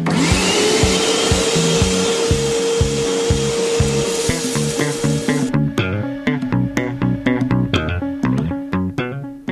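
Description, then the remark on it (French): A vacuum cleaner roars with a steady, rising whine for about five seconds over a thumping beat, then cuts off, leaving punchy rhythmic music with sharp percussive hits. “Tortoli et Arbatax, l'émission radio idéale pour passer l'aspirateur.”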